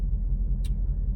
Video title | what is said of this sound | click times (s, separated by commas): I BUILT A BLEM MICRO DAGGER ^GLOCK 43X CLONE^ *PSA* WILL IT RUN❓❓ | is definitely you got to really like like you see it's not even in you heard the click but it's not in | 0.6 s